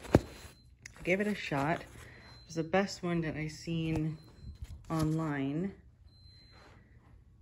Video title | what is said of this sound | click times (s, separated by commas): Convaid rodeo tilt and recline with separately bought sun shade | this locks into place. | 0.2 s